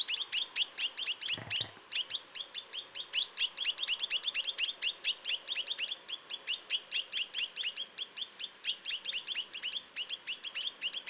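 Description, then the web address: Chinese nuthatch giving a fast, steady series of short nasal notes, with a brief low thump near the start. "Chinese nuthatch. صدای-پرنده-کمرکولی-چینی"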